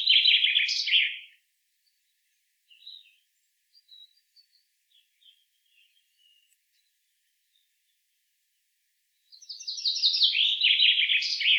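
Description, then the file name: Common chaffinch song heard twice, both partly cut off: a falling cascade of trilled notes with a terminal flourish, separated by a quiet gap with a few faint scattered chirps. "Fringilla coelebs"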